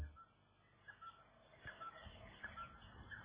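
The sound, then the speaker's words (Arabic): Canaries in a cage sing in short, bright chirps and tweets that repeat every second or so, fairly faint over a low, steady rumble of background noise. “انت فاهمة عصافير الكناريا هيدي اللي بتغني اللي بالقفص؟”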